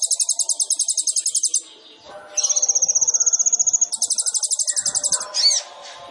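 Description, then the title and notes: Sunbird song: rapid, very high rattling trills in long runs, one thinner even trill between them, and a loud swooping note near the end. Indonesian masteran training recording for songbirds, with the bird singing actively (gacor) and full of isian and tembakan song phrases; meant as a lure (pancingan). "MASTERAN KOLIBRI NINJA FULL ISIAN DAN TEMBAKAN COCOK BUAT PANCINGAN. Suara Burung Kolibri Ninja Gacor"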